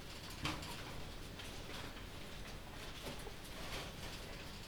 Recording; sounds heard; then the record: poultry house recording; healthy chickens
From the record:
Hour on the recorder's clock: 23